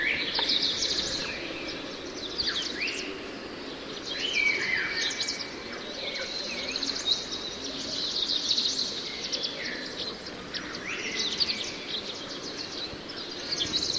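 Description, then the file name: Tristram's starling calls from several birds: busy overlapping chirps, short slurred whistles and level whistled notes repeated without pause throughout. "tristam grackles birds"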